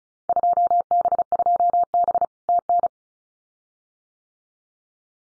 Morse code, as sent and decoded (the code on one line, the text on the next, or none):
..--- -... ..--- -... / - -.
2B2B TN